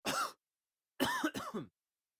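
Three short, harsh cough bursts from an adult man: a single cough, a pause of about half a second, then two quick coughs back to back. The coughs are voiced and fairly throaty.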